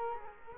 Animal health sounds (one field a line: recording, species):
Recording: mosquito wingbeat signal from an infrared sensor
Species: Culex quinquefasciatus